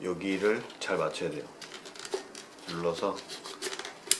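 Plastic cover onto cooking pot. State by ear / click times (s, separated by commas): seated / 4.1 s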